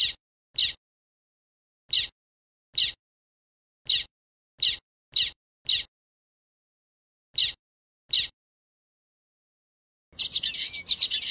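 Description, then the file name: Common waxbill giving short, buzzy high chips, about ten spaced irregularly over ten seconds, then a brief burst of harsher, scratchy chatter at the end. "canto do bico de lacre"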